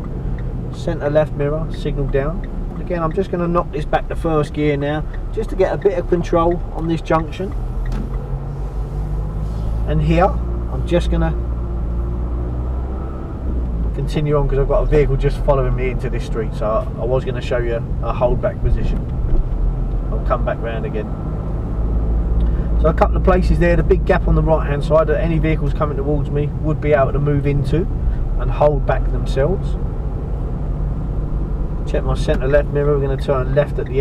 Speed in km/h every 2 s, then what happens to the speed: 19, 15, 10, 8, 11, 13, 16, 19, 21, 19, 24, 27, 24, 19, 21, 24, 23.
0-5 slows to 8. 7-21 speeds up to 27. 26-34 steady at about 21.